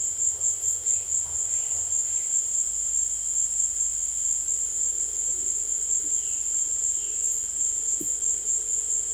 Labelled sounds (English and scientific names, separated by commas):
none